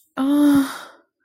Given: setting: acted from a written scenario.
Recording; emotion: vocal sound without words; shame